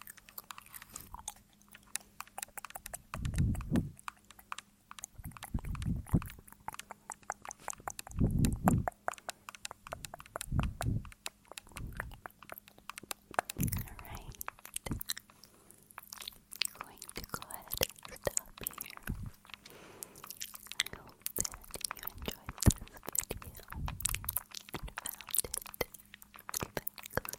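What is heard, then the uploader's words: Wet mouth sounds crackle and click densely throughout, with sharp bright snaps scattered every fraction of a second. Low thumping bursts land every couple of seconds early on, around 3, 6, 8 and 14 seconds, over a faint steady low hum. ASMR Tascam Tingles. Mouth Sounds.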